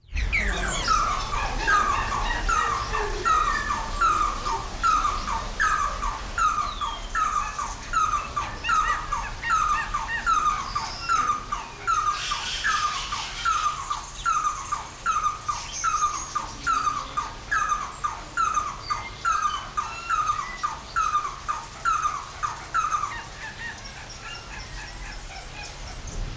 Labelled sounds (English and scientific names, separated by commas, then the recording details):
Red-and-yellow Barbet (Trachyphonus erythrocephalus) call
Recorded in captivity
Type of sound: call, call sequence
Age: adult
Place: Zoo Berlin, Berlin, DE
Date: 1994-04-02 11:20
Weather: wolkig bis heiter, 8-10°C
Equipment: Marantz CP 430, Sennheiser ME 80, Kopie Uher Variocord 263
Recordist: Tembrock, Günter
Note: Rufreihe